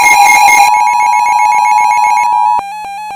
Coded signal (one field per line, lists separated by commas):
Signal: Emergency Alert System (SAME) tones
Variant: 853 and 960 Hz attention tone